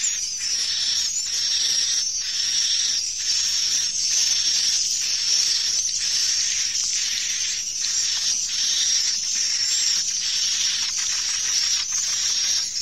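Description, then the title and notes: Swiftlets produce a hissing, high-pitched wall of chirps, with frequent buzzy pulses. Swiftlet farming, Asia. "Swiflet Bird Sound. Farming Swiflet Bird asia sound"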